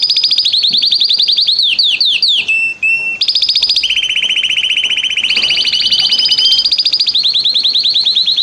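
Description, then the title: Canary singing fast rolling trills, then a set of descending swoops and a short steady whistle, before dropping into a lower, rapid, even trill. Male Belgian canary singing a lot; training recording to warm up a young bird. "Esquente seu Filhote e Canrio Belga - Macho Cantando muito"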